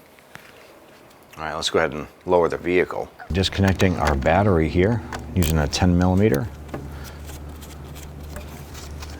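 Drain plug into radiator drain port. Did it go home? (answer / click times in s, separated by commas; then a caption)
yes / 0.3 s. After the coolant slows to a drip, the radiator drain plug is tightened into the radiator drain port of a 2004–2009 Dodge Durango during a water pump replacement and pops into place with a sharp, short click at 0.4 s. Someone then talks from about 1.3 s to 6.4 s, followed by a steady low hum with a few faint knocks.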